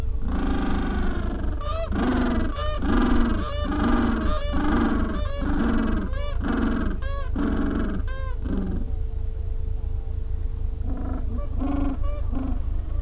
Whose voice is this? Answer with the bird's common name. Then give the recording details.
Gentoo Penguin. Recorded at the colony at Pleneau Island, Antarctica, on 3 January 2015. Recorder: Song Meter SM2+